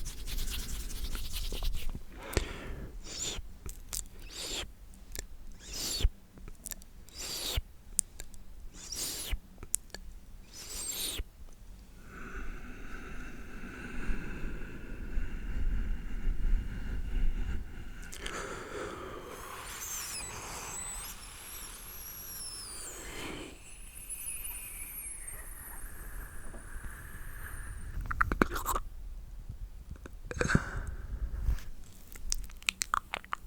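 Extreme mouth sounds: sharp clicks, smacks and crunchy chewing-like bursts come fast and dense for the first twelve seconds. A steady tonal hum with a low rumble follows, then squeaky, whistling high sounds near twenty seconds. More brisk clicks return around twenty-eight to thirty-one seconds.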